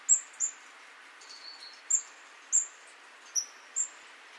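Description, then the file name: Great tit calls: short, very high, thin notes, about six in four seconds, with one fainter, lower drawn-out note in between. "Parus major"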